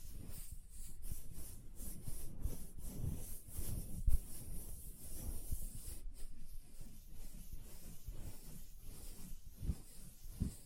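Hand sounds: continuous soft rubbing and brushing with irregular light taps, and a sharper knock near four seconds, fairly dense throughout.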